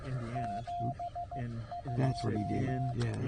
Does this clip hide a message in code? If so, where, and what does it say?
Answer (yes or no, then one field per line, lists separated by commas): yes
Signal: Morse code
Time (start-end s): 0.4-2.9 s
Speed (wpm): 15 wpm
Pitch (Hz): 690 Hz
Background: speech, radio noise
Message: 72